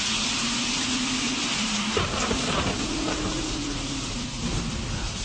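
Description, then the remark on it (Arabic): Heavy rain pours at night under cloudy skies in a steady, dense hiss that never lets up, with a low droning rumble underneath and no voices. “كان المطر شديد قوي في الليلة دي.”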